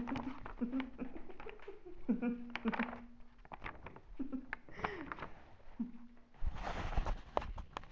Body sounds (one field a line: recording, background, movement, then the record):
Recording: laughter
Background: quiet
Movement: sitting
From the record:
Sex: female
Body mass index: 36.4 kg/m2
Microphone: on the chest, facing outward